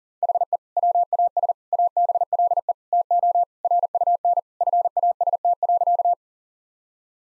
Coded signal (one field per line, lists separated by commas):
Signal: Morse code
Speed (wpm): 40 wpm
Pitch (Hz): 700 Hz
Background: none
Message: HE WAS ABLE TO RUN FAST.